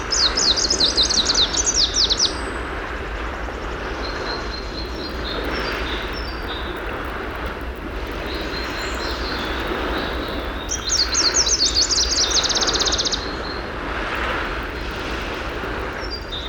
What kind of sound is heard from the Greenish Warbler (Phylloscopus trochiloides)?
song